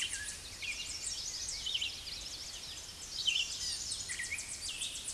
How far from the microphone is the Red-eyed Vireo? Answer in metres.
about 15 m